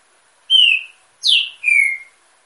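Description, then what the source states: Green-winged saltator song, a short phrase of three rich whistles, middle one dropping sharply, last one drawn out and slowly falling. Female, caged in an aviary, warming up her song.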